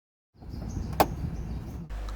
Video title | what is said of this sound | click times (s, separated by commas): DIY Toyota Avanza Reverse Sensor Replacement - Easy Step-by-Step Guide! | and that's the click that tells you the connector is fully seated | 1.0 s